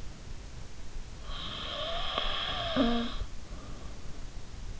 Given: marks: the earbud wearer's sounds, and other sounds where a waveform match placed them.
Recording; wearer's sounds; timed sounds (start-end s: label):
sounds in sleep by an in-ear microphone; snoring breath
1.23-4.23 s: snoring breath